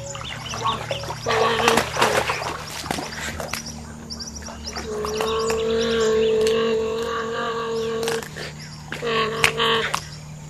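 Giant otter calls: a long, steady, harmonic wail held about three seconds, with shorter similar cries before and after, over a low hum and scattered clicks.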